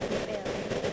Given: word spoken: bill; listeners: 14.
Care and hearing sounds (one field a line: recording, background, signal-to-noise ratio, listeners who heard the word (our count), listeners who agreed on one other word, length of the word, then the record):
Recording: one English word in noise, from a listening test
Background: noise modulated by three-talker babble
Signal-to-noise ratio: -7.0 dB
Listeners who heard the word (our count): 0 of 14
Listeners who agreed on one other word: 12 of 14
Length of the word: 0.53 s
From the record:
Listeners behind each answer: 12, 1, 1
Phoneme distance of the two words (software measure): 7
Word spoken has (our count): 1 syllable, 3 phonemes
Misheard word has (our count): 1 syllable, 2 phonemes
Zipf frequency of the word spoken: 5.09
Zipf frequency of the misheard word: 4.59